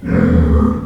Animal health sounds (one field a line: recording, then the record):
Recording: squeal of a Yucatan mini pig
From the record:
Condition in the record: after surgery on the right vocal fold (resection and tissue-engineered implant)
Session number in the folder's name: 16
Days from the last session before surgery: 183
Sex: female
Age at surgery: 19 weeks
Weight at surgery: 25 kg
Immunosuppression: prednisolone